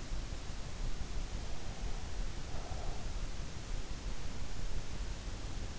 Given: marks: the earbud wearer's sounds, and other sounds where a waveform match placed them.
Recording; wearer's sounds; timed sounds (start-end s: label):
sounds in sleep by an in-ear microphone; breath
2.43-3.99 s: breath